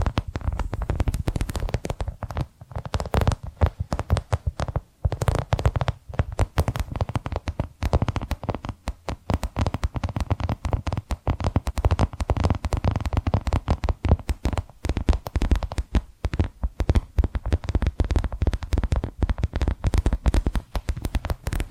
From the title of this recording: Hypnotic Tapping & Scratching Sounds